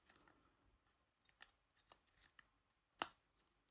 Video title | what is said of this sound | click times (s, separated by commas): 2019–2026 Toyota Supra Key Fob Battery Replacement (MK5 A90/A91) – Easy DIY Guide | You're going to click into place, just like that. | 3.0 s